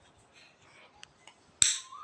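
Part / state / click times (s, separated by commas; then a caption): pen cap onto fountain pen body / seated / 1.6 s. The cap of a metal-bodied Pilot Metropolitan fountain pen with a fine nib is pushed over the nib section. Two faint ticks at 1.0 and 1.3 seconds come before a sharp, bright snap at 1.6 seconds. The cap clicks shut and is seated with a nice click.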